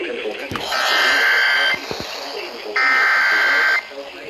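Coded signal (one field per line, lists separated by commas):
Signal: Emergency Alert System (SAME) tones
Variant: header bursts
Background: speech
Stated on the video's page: Compilation of EAS alerts including captures from FM broadcast stations.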